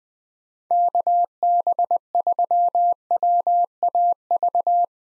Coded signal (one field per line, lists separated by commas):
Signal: Morse code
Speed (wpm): 21 wpm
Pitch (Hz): 700 Hz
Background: none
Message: KB3WAV